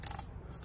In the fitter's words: until it clicks